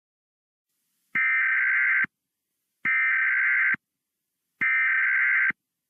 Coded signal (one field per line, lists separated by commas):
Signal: Emergency Alert System (SAME) tones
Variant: header bursts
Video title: EAS Scenario - The Adventures of Teddy Ruxpin